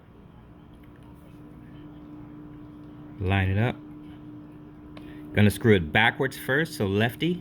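A small screw is placed and lined up over its threaded hole in a phone frame, ready to be turned backwards to find the thread, while someone talks over a faint steady background hum. Nothing has seated or clicked yet.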